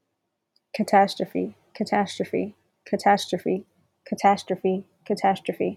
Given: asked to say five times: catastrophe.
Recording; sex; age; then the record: repeated word; female; 30 to 39 years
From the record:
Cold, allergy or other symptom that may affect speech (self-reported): no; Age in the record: 34 years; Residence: Georgia, United States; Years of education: 16